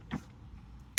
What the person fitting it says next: There you go. Once you hear that click, you are good.